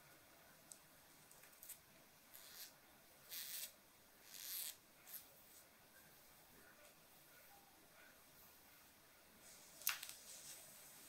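Soft jewelry and fabric scratches come in brief bright swishes, clustered between three and five seconds, then a sharp click near ten seconds.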